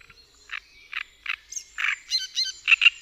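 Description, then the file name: Great reed warbler song: slow, harsh, croaking notes, then quicker, higher grating phrases. "Trzciniak"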